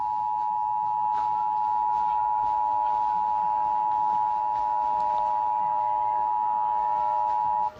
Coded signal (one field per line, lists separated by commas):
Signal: Emergency Alert System (SAME) tones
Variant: 853 and 960 Hz attention tone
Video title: EAS Scenario #1 Attack of The Shih Tzus (50 Subscribers Special)